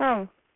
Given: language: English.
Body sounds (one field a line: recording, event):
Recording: throat vibration sensor signal played as sound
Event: speech